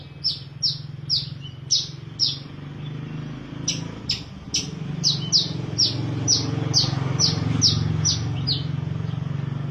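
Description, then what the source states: Long-tailed shrike song of high, thin, down-slurred whistled notes repeated at a steady quick pace in two runs separated by a short pause, over a constant low hum. Combination song.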